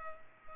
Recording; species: mosquito wingbeat signal from an infrared sensor; Culex pipiens